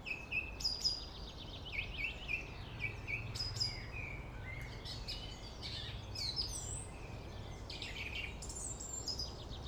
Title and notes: Friedhof Columbiadamm, Berlin - Song thrush. Song thrush (Singdrossel) singing, distant city. traffic noise